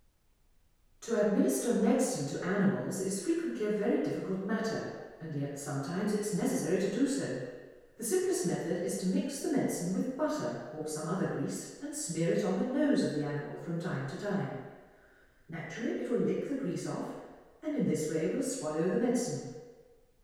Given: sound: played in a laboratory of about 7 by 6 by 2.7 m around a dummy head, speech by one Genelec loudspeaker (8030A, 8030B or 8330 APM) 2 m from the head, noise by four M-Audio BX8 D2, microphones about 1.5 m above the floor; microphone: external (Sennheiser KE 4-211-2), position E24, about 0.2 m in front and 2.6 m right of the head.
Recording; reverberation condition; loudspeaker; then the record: female speech in English; high; 120 degrees to the left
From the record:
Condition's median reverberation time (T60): about 1300 ms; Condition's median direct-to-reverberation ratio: about -4.0 dB